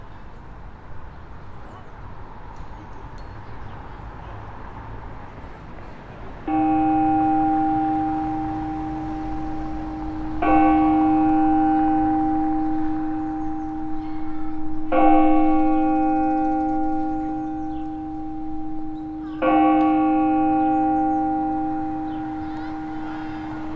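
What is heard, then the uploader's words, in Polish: A church bell begins tolling after a quiet outdoor hum, striking about every four seconds, each ringing, resonant stroke lingering over faint murmur. Ul. Świętej Jadwigi : Kościół NMP na Piasku. Lokalizacja: Stare Miasto, Rynek. Opis: Skwer obok Mostu Piaskowego. Rekorder, mikrofon: sony pcm d50, mic rode nt4, FEL BMA preamplifier.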